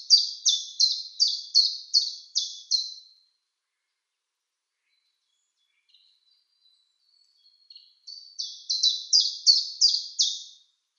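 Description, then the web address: Common chiffchaff song: a run of several clipped, high notes at a steady pace, a pause of several seconds, then another similar run. "Schulze Peter Common Chiffchaff song"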